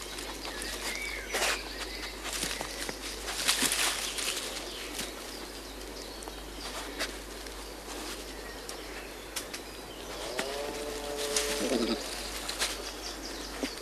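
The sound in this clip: European badger: scattered rustling and scuffling throughout, then a short whining call with stacked harmonic tones late.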